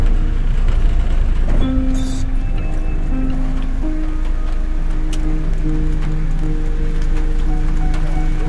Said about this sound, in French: c'est le doux bruit de la pluie dans ma camionnette